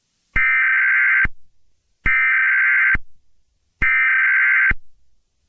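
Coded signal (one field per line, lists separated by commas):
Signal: Emergency Alert System (SAME) tones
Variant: header bursts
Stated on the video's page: Fictional EAS scenario of a Christmas Day super tornado outbreak.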